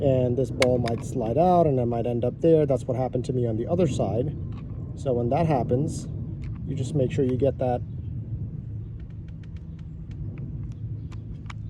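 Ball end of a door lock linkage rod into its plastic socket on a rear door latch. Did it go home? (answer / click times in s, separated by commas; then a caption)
yes / 11.5 s. On a Lexus GX460 rear door latch with a stuck child lock, the ball end of the door lock linkage rod, which had slid out of its plastic holder, is pressed back into its plastic socket while someone talks. Faint ticks follow, then a sharp click at 11.5 s as the ball snaps home and is seated.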